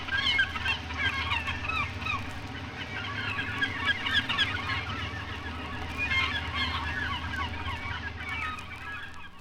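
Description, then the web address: Gulls give many overlapping squealing cries throughout, with no clear rhythm, over a constant low rumbling background. "sea gulls"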